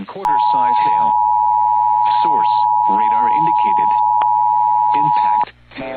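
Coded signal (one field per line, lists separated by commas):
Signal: Emergency Alert System (SAME) tones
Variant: 853 and 960 Hz attention tone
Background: speech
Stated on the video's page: Personally captured real alerts.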